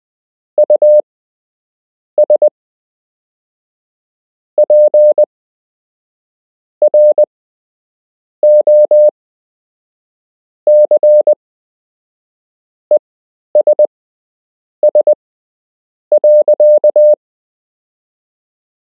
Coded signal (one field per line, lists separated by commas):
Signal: Morse code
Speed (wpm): 20 wpm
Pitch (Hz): 600 Hz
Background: none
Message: US PROCESS.